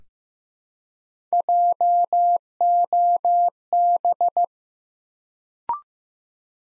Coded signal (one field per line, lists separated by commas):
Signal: Morse code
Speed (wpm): 15 wpm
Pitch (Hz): 700 Hz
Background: none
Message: JOB